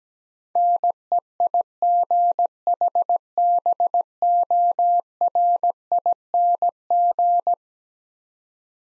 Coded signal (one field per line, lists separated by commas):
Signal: Morse code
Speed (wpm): 17 wpm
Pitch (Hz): 700 Hz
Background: none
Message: NEIGHBORING